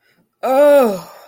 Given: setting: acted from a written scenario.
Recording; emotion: vocal sound without words; disgust